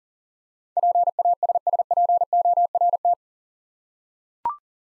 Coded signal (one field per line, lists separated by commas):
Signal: Morse code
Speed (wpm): 40 wpm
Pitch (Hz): 700 Hz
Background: none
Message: PASSPORT